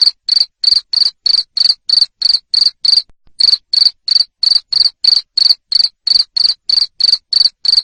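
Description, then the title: Cricket chirps, high and clipped, following one another quickly at about three a second, with a single brief break. Loud cricket chirping (jangkrik ngerik) played to stimulate lovebirds to sing continuously (ngekek). "Suara JANGKRIK NGERIK Keras Bikin LOVEBIRD Jadi NGEKEK Terus Vubey"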